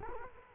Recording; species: mosquito wingbeat signal from an infrared sensor; Culex quinquefasciatus